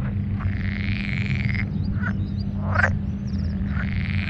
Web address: kleinerwasserfrosch. rufen jetzt die froesche im taevsmoor